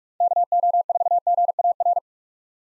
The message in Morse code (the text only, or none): KO4GAR